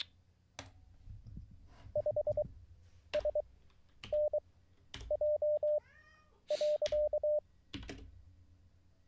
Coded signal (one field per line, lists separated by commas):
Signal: Morse code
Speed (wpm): 24 wpm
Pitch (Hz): 600 Hz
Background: none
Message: 5SNJ.